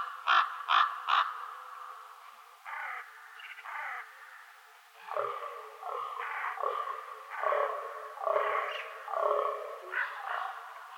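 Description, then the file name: Common ravens calling: three short sharp croaks in quick succession, then a run of hoarse, drawn-out croaks at an uneven pace. Ravens recorded in Schorfheide on 7 November 2015. "Kolkraben und Damhirsch Schorfheide"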